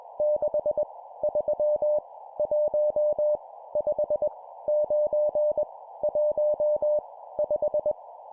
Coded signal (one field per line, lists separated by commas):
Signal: Morse code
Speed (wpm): 21 wpm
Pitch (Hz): 600 Hz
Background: none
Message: 6 3 1 5 9 1 5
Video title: 20wpm Random Numbers, improve cw morse code copy speed